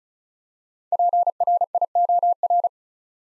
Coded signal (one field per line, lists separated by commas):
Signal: Morse code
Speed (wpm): 34 wpm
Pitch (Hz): 700 Hz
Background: none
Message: PRIOR